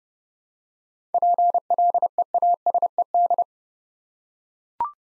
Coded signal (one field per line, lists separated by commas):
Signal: Morse code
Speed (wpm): 30 wpm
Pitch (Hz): 700 Hz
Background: none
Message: PLEASED